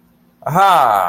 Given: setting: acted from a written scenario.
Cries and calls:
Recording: vocal sound without words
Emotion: triumph

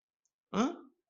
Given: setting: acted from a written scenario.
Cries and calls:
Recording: vocal sound without words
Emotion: confusion

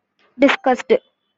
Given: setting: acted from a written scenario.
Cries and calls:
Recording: vocal sound without words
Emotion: disgust

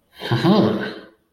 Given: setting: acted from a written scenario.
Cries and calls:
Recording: vocal sound without words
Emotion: triumph

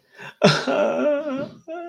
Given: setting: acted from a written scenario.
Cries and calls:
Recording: vocal sound without words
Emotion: sadness

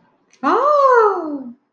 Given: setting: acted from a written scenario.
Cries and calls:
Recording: vocal sound without words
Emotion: awe

